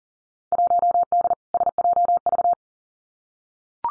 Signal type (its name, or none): Morse code